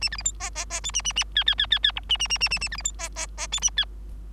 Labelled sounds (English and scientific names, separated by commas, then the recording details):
Bengalese Finch (Lonchura striata domestica) song
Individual Bird3